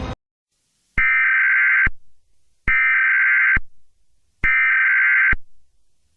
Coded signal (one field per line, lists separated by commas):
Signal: Emergency Alert System (SAME) tones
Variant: header bursts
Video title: Sleepless: A Mini EAS Scenario